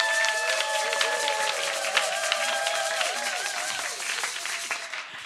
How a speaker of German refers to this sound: Ein extra Beifall für sie bitte.